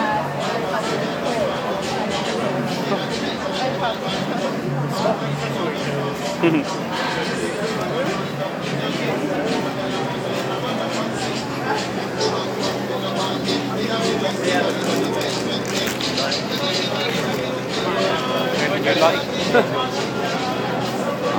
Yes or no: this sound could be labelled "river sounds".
no